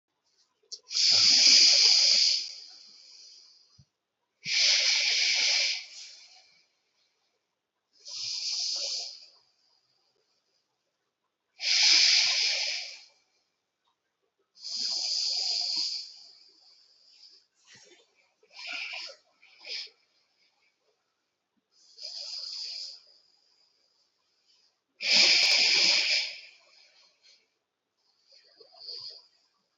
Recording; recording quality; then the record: deep breathing; moderate, slight background noise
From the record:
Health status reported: healthy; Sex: male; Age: 23 years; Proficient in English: yes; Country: India